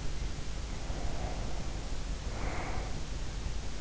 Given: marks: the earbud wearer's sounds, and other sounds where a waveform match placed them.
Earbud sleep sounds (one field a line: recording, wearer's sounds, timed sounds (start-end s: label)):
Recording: sounds in sleep by an in-ear microphone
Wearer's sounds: breath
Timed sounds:
0.48-3.30 s: breath